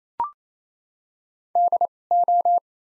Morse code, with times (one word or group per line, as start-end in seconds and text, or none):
1.6-1.9 D
2.1-2.6 O